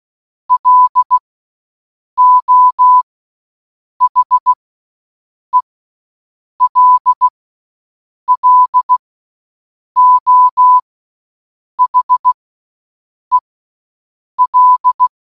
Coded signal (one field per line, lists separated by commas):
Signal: Morse code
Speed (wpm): 16 wpm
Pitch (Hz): 1000 Hz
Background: none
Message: LO HELLO HEL